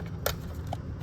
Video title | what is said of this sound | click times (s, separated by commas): THE BEST APPLE CAR PLAY UNIT FOR 5th gen CAMAROS (2010-15 ) V6 AND V8 | And then I'll make like a little click on there, and you'll be perfect. Now you can't pull it out. | 0.3 s